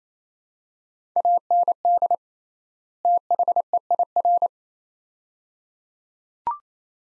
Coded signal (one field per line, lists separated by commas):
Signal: Morse code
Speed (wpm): 28 wpm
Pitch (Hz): 700 Hz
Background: none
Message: AND THEIR